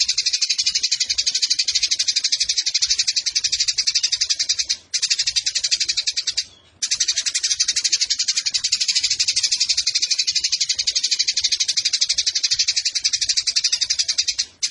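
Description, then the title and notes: Eurasian tree sparrow producing a long stream of fast, harsh, buzzy chirps, broken by a few short gaps before resuming at the same rapid pace. Fighting sparrow with long rapid-fire 'nembak panjang' delivery and clear voice, used to train birds for song competitions. "GEREJA TARUNG NEMBAK PANJANG SUARA JERNIH MASTERAN WAJIB BURUNG LOMBA. Burung Gereja"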